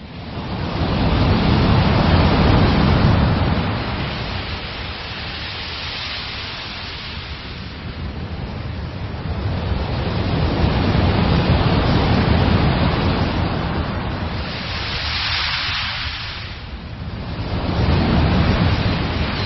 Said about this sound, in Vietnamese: Trước mặt anh là biển đông bao la bát ngát, từng đợt sóng nối tiếp nhau vỗ vào bờ ì oạp.